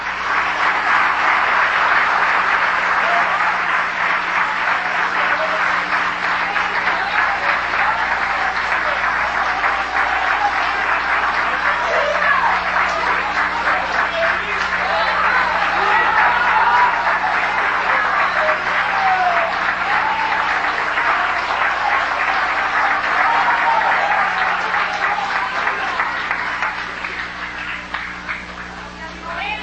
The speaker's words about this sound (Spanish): Vamos a hacer una cosa. Vamos a animarle con un fuerte aplauso, pero bien fuerte, que este no se escapa. Venga por aquí.